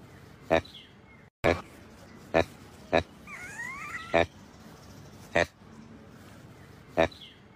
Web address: Proboscis Monkey